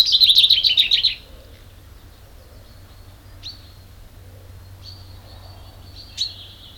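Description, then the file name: Common chaffinch song: a dense, bright burst of rapid high notes lasting about a second, followed by a few faint, short, thin chirps over a low steady hum. "Fringilla coelebs"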